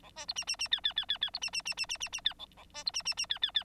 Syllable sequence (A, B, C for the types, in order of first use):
A B C D D D E E E E E C D D D D D D D E A A B C D D D E E E